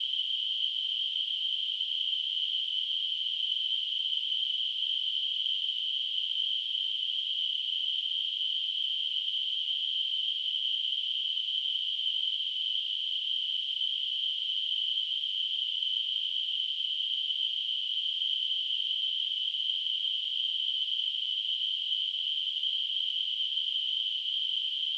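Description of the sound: A steady, unbroken high-pitched hissing ring sits around 3 kHz and holds the same loudness for the full 25 seconds, with no low sounds. This is simulated tinnitus, imitating the constant noise-like ringing a person with tinnitus hears.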